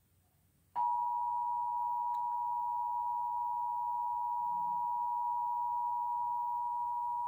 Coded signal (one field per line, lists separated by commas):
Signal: Emergency Alert System (SAME) tones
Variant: 853 and 960 Hz attention tone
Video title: Iowa Required Monthly Tests (EAS #388-395)